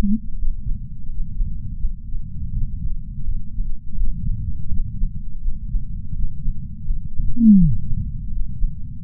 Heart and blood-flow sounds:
heart sounds by patch sensor on the chest; 83 bpm
0.38 s: heartbeat
1.10 s: heartbeat
1.80 s: heartbeat
2.53 s: heartbeat
3.25 s: heartbeat
3.96 s: heartbeat
4.69 s: heartbeat
5.41 s: heartbeat
6.14 s: heartbeat
6.86 s: heartbeat
7.58 s: heartbeat
8.32 s: heartbeat
9.03 s: heartbeat
From the record:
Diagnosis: coronary artery disease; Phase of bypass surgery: postoperative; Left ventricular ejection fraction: 56.8%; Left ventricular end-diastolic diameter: 44 mm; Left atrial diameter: 32 mm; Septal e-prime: 5.7 cm/s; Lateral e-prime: 6.1 cm/s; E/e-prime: 10.2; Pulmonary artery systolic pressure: 32 mmHg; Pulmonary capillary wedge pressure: 12 mmHg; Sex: male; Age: 65 years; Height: 165 cm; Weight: 60 kg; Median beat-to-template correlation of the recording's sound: 0.87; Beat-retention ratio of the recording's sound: 1.00

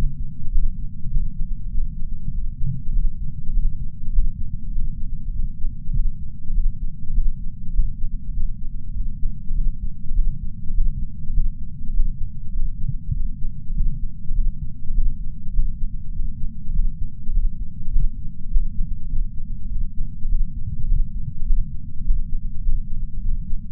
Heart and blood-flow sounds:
heart sounds by patch sensor on the chest; 100 bpm
0.50 s: heartbeat
1.09 s: heartbeat
1.70 s: heartbeat
2.30 s: heartbeat
2.92 s: heartbeat
3.52 s: heartbeat
4.11 s: heartbeat
4.71 s: heartbeat
5.31 s: heartbeat
5.92 s: heartbeat
6.53 s: heartbeat
7.12 s: heartbeat
7.72 s: heartbeat
8.32 s: heartbeat
8.93 s: heartbeat
9.53 s: heartbeat
10.13 s: heartbeat
10.73 s: heartbeat
11.32 s: heartbeat
11.92 s: heartbeat
12.52 s: heartbeat
13.12 s: heartbeat
13.73 s: heartbeat
14.33 s: heartbeat
14.93 s: heartbeat
15.52 s: heartbeat
16.11 s: heartbeat
16.72 s: heartbeat
17.32 s: heartbeat
17.90 s: heartbeat
18.49 s: heartbeat
19.08 s: heartbeat
19.68 s: heartbeat
20.27 s: heartbeat
20.86 s: heartbeat
21.45 s: heartbeat
22.03 s: heartbeat
22.62 s: heartbeat
23.20 s: heartbeat
From the record:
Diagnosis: coronary artery disease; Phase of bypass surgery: postoperative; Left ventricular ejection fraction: 64%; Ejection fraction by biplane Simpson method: 61.7%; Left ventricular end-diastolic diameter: 46 mm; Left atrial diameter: 31 mm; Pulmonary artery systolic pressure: 30 mmHg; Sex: male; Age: 43 years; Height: 177 cm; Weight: 75 kg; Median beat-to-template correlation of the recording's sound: 0.76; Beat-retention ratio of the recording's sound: 0.99

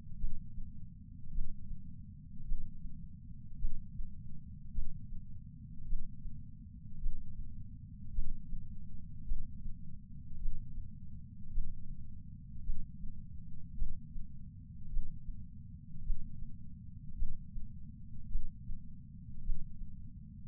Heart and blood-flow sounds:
heart sounds by patch sensor on the chest; 53 bpm
1.31 s: heartbeat
2.44 s: heartbeat
3.57 s: heartbeat
4.71 s: heartbeat
5.85 s: heartbeat
6.98 s: heartbeat
8.11 s: heartbeat
9.24 s: heartbeat
10.37 s: heartbeat
11.50 s: heartbeat
12.62 s: heartbeat
13.75 s: heartbeat
14.89 s: heartbeat
16.02 s: heartbeat
17.15 s: heartbeat
18.28 s: heartbeat
19.41 s: heartbeat
From the record:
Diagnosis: coronary artery disease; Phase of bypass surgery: intraoperative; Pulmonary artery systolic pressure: 22 mmHg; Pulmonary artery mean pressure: 14 mmHg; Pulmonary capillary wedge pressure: 10 mmHg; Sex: male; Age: 75 years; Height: 167 cm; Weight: 58 kg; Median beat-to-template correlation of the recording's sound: 0.95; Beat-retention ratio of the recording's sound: 0.99

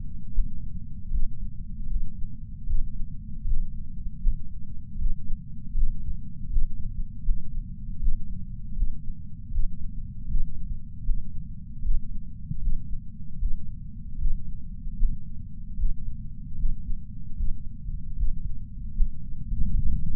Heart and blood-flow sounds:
heart sounds by patch sensor on the chest; 77 bpm
0.34 s: heartbeat
1.11 s: heartbeat
1.90 s: heartbeat
2.67 s: heartbeat
3.45 s: heartbeat
4.22 s: heartbeat
4.99 s: heartbeat
5.75 s: heartbeat
6.50 s: heartbeat
7.24 s: heartbeat
8.00 s: heartbeat
8.76 s: heartbeat
9.52 s: heartbeat
10.29 s: heartbeat
11.05 s: heartbeat
11.83 s: heartbeat
12.61 s: heartbeat
13.39 s: heartbeat
14.19 s: heartbeat
14.98 s: heartbeat
15.77 s: heartbeat
16.58 s: heartbeat
17.36 s: heartbeat
18.17 s: heartbeat
18.96 s: heartbeat
19.75 s: heartbeat
From the record:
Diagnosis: coronary artery disease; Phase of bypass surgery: preoperative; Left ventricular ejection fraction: 63%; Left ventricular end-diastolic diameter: 47 mm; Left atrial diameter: 37 mm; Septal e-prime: 4.5 cm/s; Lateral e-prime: 7.1 cm/s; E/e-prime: 8.6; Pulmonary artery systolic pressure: 20 mmHg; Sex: male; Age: 77 years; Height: 160 cm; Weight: 79.5 kg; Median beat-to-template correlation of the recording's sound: 0.81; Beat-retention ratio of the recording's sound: 0.99

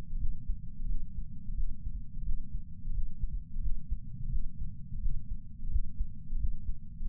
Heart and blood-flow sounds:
heart sounds by patch sensor on the chest; 87 bpm
0.17 s: heartbeat
0.86 s: heartbeat
1.55 s: heartbeat
2.23 s: heartbeat
2.92 s: heartbeat
3.60 s: heartbeat
4.30 s: heartbeat
5.00 s: heartbeat
5.69 s: heartbeat
6.37 s: heartbeat
7.07 s: heartbeat
From the record:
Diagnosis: coronary artery disease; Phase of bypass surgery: postoperative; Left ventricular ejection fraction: 48.9%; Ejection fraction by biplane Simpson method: 50.6%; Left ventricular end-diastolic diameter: 48 mm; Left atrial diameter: 31 mm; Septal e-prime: 7.6 cm/s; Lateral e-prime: 9.6 cm/s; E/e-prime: 6.6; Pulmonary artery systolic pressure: 23 mmHg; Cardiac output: 5.5 L/min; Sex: male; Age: 60 years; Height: 174 cm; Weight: 72 kg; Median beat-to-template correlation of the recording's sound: 0.83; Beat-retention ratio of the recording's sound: 0.99

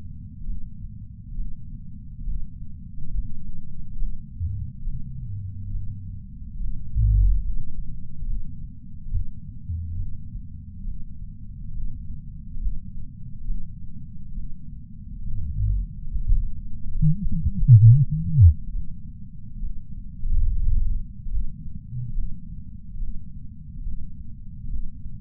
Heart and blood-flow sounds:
heart sounds by patch sensor on the chest; 69 bpm
0.47 s: heartbeat
1.37 s: heartbeat
2.26 s: heartbeat
3.13 s: heartbeat
3.99 s: heartbeat
4.85 s: heartbeat
5.72 s: heartbeat
6.59 s: heartbeat
7.43 s: heartbeat
8.27 s: heartbeat
9.12 s: heartbeat
9.98 s: heartbeat
10.85 s: heartbeat
11.73 s: heartbeat
12.60 s: heartbeat
13.47 s: heartbeat
14.35 s: heartbeat
15.24 s: heartbeat
16.10 s: heartbeat
16.95 s: heartbeat
17.84 s: heartbeat
18.73 s: heartbeat
19.61 s: heartbeat
20.47 s: heartbeat
21.31 s: heartbeat
22.15 s: heartbeat
22.99 s: heartbeat
23.84 s: heartbeat
24.69 s: heartbeat
From the record:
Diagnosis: coronary artery disease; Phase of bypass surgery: preoperative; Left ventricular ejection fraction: 61.9%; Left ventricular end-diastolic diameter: 48 mm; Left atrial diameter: 36 mm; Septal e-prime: 9.5 cm/s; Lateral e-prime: 18.5 cm/s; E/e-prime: 6.6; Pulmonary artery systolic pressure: 30 mmHg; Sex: male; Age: 59 years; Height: 175 cm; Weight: 76 kg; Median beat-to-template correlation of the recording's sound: 0.85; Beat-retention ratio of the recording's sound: 0.99

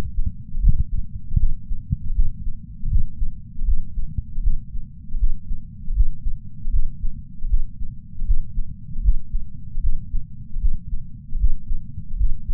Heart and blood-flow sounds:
heart sounds by patch sensor on the chest; 78 bpm
0.60 s: heartbeat
1.36 s: heartbeat
2.12 s: heartbeat
2.88 s: heartbeat
3.64 s: heartbeat
4.40 s: heartbeat
5.17 s: heartbeat
5.93 s: heartbeat
6.70 s: heartbeat
7.47 s: heartbeat
8.24 s: heartbeat
9.01 s: heartbeat
9.80 s: heartbeat
10.58 s: heartbeat
11.37 s: heartbeat
12.16 s: heartbeat
From the record:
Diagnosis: coronary artery disease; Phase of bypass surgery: postoperative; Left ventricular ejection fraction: 50.8%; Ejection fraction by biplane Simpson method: 51.6%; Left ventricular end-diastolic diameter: 50 mm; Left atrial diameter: 30 mm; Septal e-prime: 7.4 cm/s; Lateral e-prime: 7.6 cm/s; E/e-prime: 9.9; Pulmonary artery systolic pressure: 27 mmHg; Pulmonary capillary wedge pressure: 7 mmHg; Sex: male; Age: 66 years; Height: 176 cm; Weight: 74.5 kg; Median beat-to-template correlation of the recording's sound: 0.90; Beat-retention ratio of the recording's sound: 0.99

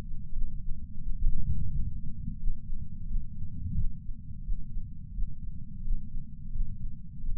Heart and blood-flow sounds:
heart sounds by patch sensor on the chest; 87 bpm
0.33 s: heartbeat
1.02 s: heartbeat
1.71 s: heartbeat
2.39 s: heartbeat
3.08 s: heartbeat
3.76 s: heartbeat
4.44 s: heartbeat
5.15 s: heartbeat
5.84 s: heartbeat
6.53 s: heartbeat
7.21 s: heartbeat
From the record:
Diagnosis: coronary artery disease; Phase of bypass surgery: preoperative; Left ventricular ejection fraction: 50.8%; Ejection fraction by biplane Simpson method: 50%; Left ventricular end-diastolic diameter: 50 mm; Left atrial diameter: 32 mm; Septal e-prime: 7.2 cm/s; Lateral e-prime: 9.1 cm/s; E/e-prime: 8.5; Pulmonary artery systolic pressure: 23 mmHg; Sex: male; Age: 65 years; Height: 170 cm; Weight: 65 kg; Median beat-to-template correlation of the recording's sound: 0.75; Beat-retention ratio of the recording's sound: 0.96

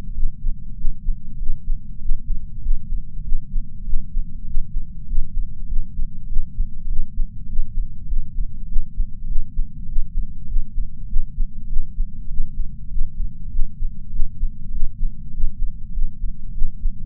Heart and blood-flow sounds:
heart sounds by patch sensor on the chest; 99 bpm
0.14 s: heartbeat
0.76 s: heartbeat
1.37 s: heartbeat
1.99 s: heartbeat
2.65 s: heartbeat
3.23 s: heartbeat
3.84 s: heartbeat
4.45 s: heartbeat
5.06 s: heartbeat
5.67 s: heartbeat
6.27 s: heartbeat
6.89 s: heartbeat
7.47 s: heartbeat
8.07 s: heartbeat
8.67 s: heartbeat
9.27 s: heartbeat
9.86 s: heartbeat
10.50 s: heartbeat
11.07 s: heartbeat
11.64 s: heartbeat
12.28 s: heartbeat
12.89 s: heartbeat
13.43 s: heartbeat
14.11 s: heartbeat
14.71 s: heartbeat
15.31 s: heartbeat
15.92 s: heartbeat
16.53 s: heartbeat
From the record:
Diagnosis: coronary artery disease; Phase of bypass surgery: intraoperative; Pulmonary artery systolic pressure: 20 mmHg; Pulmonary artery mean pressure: 11 mmHg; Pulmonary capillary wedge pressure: 4 mmHg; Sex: male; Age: 69 years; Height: 174 cm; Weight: 79 kg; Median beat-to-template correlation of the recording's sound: 0.72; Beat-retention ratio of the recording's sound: 0.98

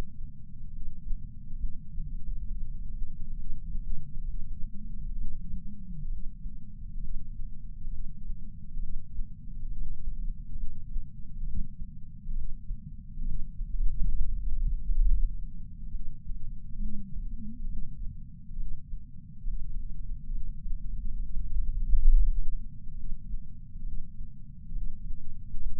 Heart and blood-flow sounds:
heart sounds by patch sensor on the chest; 67 bpm
0.71 s: heartbeat
1.58 s: heartbeat
2.46 s: heartbeat
3.35 s: heartbeat
4.24 s: heartbeat
5.17 s: heartbeat
6.08 s: heartbeat
7.00 s: heartbeat
7.89 s: heartbeat
8.79 s: heartbeat
9.68 s: heartbeat
10.56 s: heartbeat
11.44 s: heartbeat
12.34 s: heartbeat
13.24 s: heartbeat
14.15 s: heartbeat
15.03 s: heartbeat
15.90 s: heartbeat
16.78 s: heartbeat
17.67 s: heartbeat
18.57 s: heartbeat
19.44 s: heartbeat
20.31 s: heartbeat
21.19 s: heartbeat
22.07 s: heartbeat
22.94 s: heartbeat
23.83 s: heartbeat
24.73 s: heartbeat
25.61 s: heartbeat
From the record:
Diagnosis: coronary artery disease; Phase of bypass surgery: preoperative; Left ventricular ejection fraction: 52.3%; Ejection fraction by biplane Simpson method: 38%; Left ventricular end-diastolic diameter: 62 mm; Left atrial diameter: 45 mm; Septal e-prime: 4 cm/s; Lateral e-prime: 7 cm/s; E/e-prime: 12.2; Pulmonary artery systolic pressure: 24 mmHg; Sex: male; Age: 61 years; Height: 174 cm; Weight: 80 kg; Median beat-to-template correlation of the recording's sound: 0.91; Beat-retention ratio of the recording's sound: 0.97

